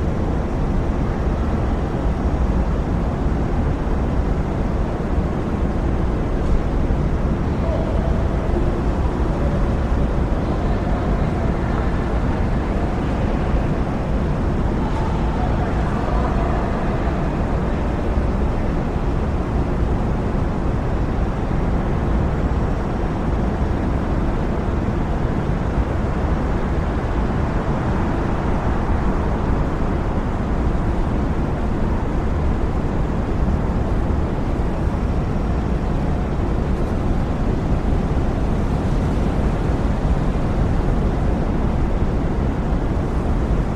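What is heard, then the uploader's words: A low, steady rumble of city street traffic fills the recording, dense and unbroken from start to finish. The sound is heavy in the low end with a constant hum, and faint brighter passing noises surface now and then, especially around the middle. City Street Ambiance Sounds. No blaring sirens, just the low rumble of a city street.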